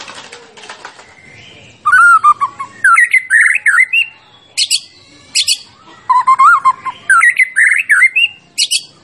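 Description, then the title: White-rumped shama singing loud, varied whistled phrases with rising and falling slurs, separated by sharp high chips in quick bursts. Champion shama's song, used to tutor other birds. "Masteran Murai Batu Juara"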